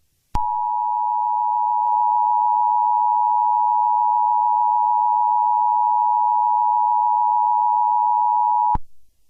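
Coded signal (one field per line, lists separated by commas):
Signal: Emergency Alert System (SAME) tones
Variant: 853 and 960 Hz attention tone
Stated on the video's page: First tornado warning of 2023 for the uploader's area.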